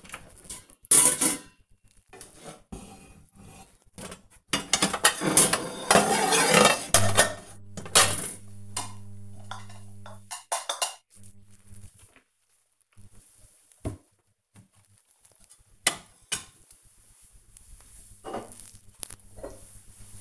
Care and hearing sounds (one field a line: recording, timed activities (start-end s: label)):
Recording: household activities, microphone on the right wrist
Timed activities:
0.00-20.21 s: putting away the dishes